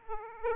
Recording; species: mosquito wingbeat signal from an infrared sensor; Aedes aegypti